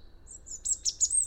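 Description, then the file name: European robin song phrase: very high, thin twittering notes strung together, growing louder toward the end over a quiet background. "Erithacus rubecula"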